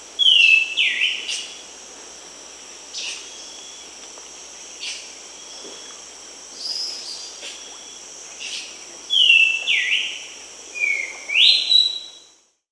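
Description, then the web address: Greater schiffornis calling with clear slurred whistles, some dipping then rising, in short bursts near the start and end, over a steady high insect hum and faint clicks. Peru. "Birds of the Amazon 3. Greater Schiffornis (Schiffornis major), Peru"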